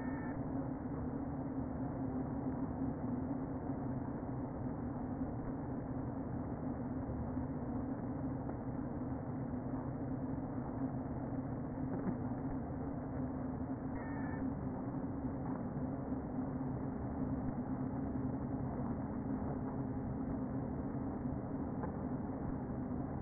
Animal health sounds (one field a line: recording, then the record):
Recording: honeybee colony, microphone inside the hive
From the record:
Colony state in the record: queen present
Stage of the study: before two queens were removed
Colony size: about 60,000 bees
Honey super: yes